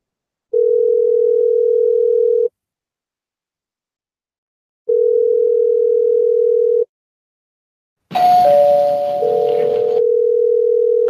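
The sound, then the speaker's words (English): Two long, steady telephone ringback tones, each about two seconds with a pause between, during a call to an apartment company's phone line, then a burst of noise and overlapping electronic tones as the call connects. No one speaks. “Oh, it's doing the fake rings.”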